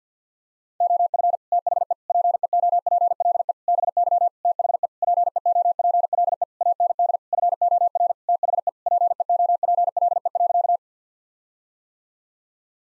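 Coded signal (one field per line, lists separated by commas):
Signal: Morse code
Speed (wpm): 50 wpm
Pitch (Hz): 700 Hz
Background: none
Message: OF THE PEOPLE BY THE PEOPLE AND FOR THE PEOPLE.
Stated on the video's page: Morse practice sentences of common eight-word phrases at 50 wpm; each sentence sent, then spoken, then sent again for head-copy practice.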